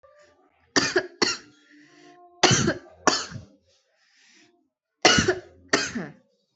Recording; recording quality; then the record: shallow voluntary cough; excellent, no background noise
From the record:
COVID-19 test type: RT-PCR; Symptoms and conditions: cough, cold, breathing difficulty, sore throat, fever, fatigue, muscle pain, loss of smell and taste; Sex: female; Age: 22 years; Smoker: no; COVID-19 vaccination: both doses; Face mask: not worn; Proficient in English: yes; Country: India